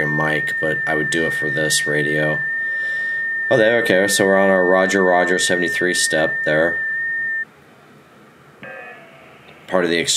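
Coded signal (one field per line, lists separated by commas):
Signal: FT8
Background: speech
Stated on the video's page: FT8 on a QRP Labs QMX QRP transceiver driven by the iOS app iFTx via Lightning-to-USB adapter and USB-C.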